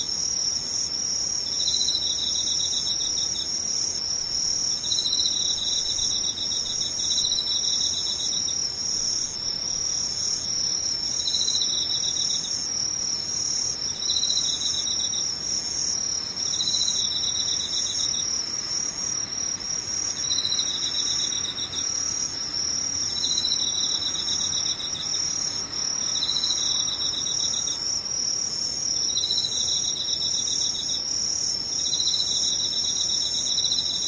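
Insects chirr without pause through the whole clip, a high, thin, steady trilling near the top of the hearing range. A lower chirp pulses in short bursts roughly every second or two, repeating regularly over a faint, even background hiss.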